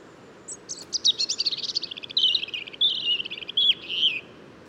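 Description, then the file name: European robin singing: a fast, rattling trill of high notes runs into sweeter warbled and whistled elements. "Erithacus rubecula"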